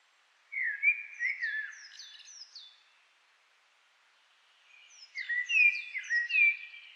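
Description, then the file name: Common blackbird song: a fluted warble ending in high thin squeaky notes, a short silence, then another phrase with a bright twittering finish. "Turdus merula"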